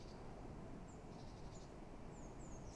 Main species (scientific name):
Parus major